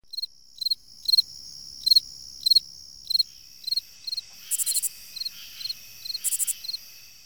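Cricket chirps repeating over a steady high ringing trill, joined midway by louder, higher pulsed bursts.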